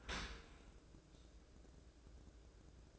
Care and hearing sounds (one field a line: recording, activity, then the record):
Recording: daily activity, microphone in the room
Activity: open dishwasher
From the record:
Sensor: 2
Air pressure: 1012.1 hPa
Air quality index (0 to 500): 137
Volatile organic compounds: 2 ppm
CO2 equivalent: 1012 ppm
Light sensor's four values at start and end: 314/771/313/319 and 310/759/308/314